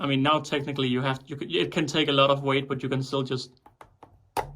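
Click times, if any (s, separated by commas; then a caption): 4.4 s. Someone talks as two plastic modular ant-nest modules, clicked together but not yet screwed, are pulled apart by hand; they can still be separated because the screws are not in yet. A sharp snap is heard at 4.4 seconds as the connector releases and the modules come apart.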